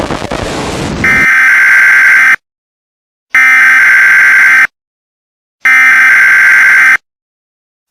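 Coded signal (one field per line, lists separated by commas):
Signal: Emergency Alert System (SAME) tones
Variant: header bursts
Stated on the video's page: Simulated, fictional EAS scenario broadcast of a derecho event.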